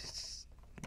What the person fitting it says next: You'll have a nice little click as it gets into place.